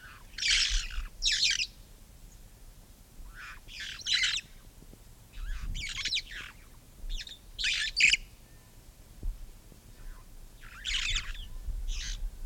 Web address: parrots poicephalus-gulielmi